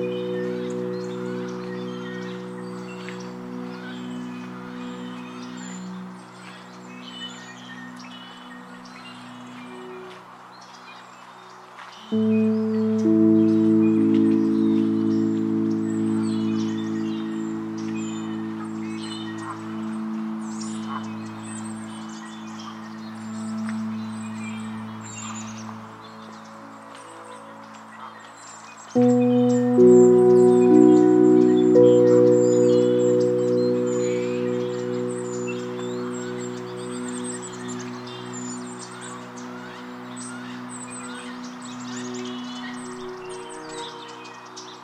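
Birds chirp at Oaks Bottom along the Willamette River while deep, bell-like tones ring out near 12 and 29 seconds, slowly fading.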